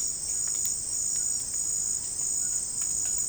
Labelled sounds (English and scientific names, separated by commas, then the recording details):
White-throated Toucan (Ramphastos tucanus)
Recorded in dense forest near Puerto Asís, Putumayo, Colombia, on 30 June 2025 at 18:00
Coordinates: 0.503, -76.323
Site G059